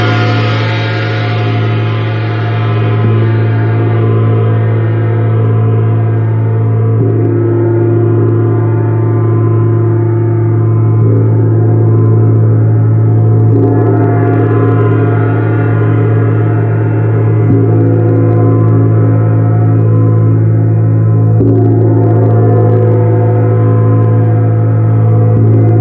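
A Venus gong rings together with crystal and Tibetan singing bowls in a dense, steady drone dominated by a deep low hum. The wash of tone stays full and even, with soft fresh strikes or swells around 7, 14 and 21 seconds renewing the brighter shimmer.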